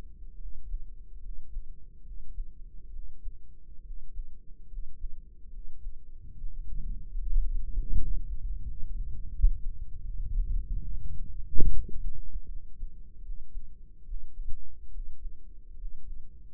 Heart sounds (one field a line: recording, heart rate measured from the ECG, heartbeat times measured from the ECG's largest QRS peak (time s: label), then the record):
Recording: heart sounds by microphone in the right ear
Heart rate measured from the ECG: 74 bpm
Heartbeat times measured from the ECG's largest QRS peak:
0.35 s: heartbeat
1.18 s: heartbeat
2.01 s: heartbeat
2.89 s: heartbeat
3.81 s: heartbeat
4.66 s: heartbeat
5.48 s: heartbeat
6.34 s: heartbeat
7.19 s: heartbeat
7.95 s: heartbeat
8.62 s: heartbeat
9.29 s: heartbeat
10.01 s: heartbeat
10.83 s: heartbeat
11.69 s: heartbeat
12.45 s: heartbeat
13.20 s: heartbeat
14.03 s: heartbeat
14.88 s: heartbeat
15.74 s: heartbeat
From the record:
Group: healthy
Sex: male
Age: 20 years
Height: 167 cm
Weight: 61 kg